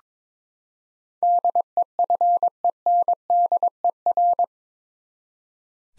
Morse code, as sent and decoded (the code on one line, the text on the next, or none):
-.. . ..-. . -. -.. . .-.
DEFENDER